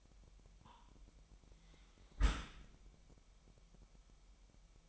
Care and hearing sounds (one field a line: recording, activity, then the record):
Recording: daily activity, microphone in the room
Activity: close dishwasher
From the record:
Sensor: 1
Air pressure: 998.2 hPa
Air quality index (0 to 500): 140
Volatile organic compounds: 4 ppm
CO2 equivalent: 1676 ppm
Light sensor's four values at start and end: 16/54/21/22 and 16/54/21/22